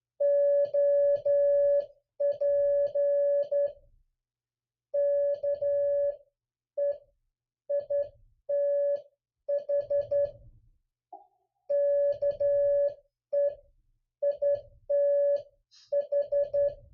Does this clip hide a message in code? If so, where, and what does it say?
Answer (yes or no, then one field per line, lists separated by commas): yes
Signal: Morse code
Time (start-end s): 0.2-16.7 s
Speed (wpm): 11 wpm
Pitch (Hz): 570 Hz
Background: none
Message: OP KEITH KEITH